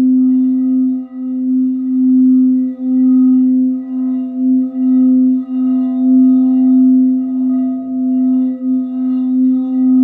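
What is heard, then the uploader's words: A sound bowl rings with a steady low tone and faint higher overtones, swelling and dipping slightly as it sustains for ten seconds. Small clip of my Sound Bowl Healing Session.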